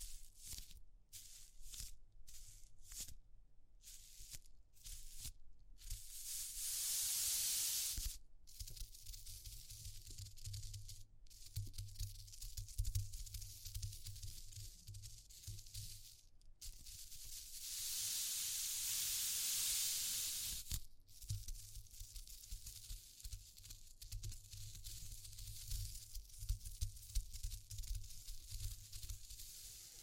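Textured noise piece built on a low, wavering hum that runs throughout. Two long bright hissing swells, like spraying steam, rise around seconds 6 to 8 and 17 to 21. The opening seconds are chopped by abrupt silent gaps.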